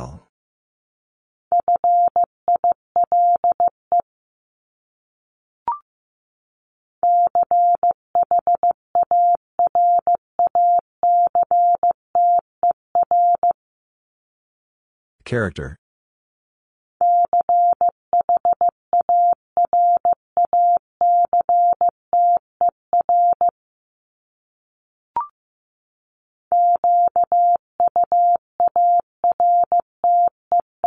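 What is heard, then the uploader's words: A Morse code message is tapped out as a single steady mid-pitched tone in quick, regular bursts of dots and dashes, grouped into runs with short silent gaps between them. Near the middle, about fifteen seconds in, a brief rough burst of noise cuts in, and faint clicks appear around five and twenty-five seconds. Top 1001-1250 Words 15wpm. First, the word is sent in Morse code. Then it is spoken. Finally, it is sent again in More code.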